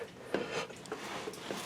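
A 90-degree quick-connect fuel line fitting is handled at the outlet fitting of a Raptor 4G lift pump being installed on an LMM Duramax, producing brief rubbing and knocking sounds around 0.3 s and 0.9 s. Nothing has seated or clicked yet; the fitting is not yet pushed home.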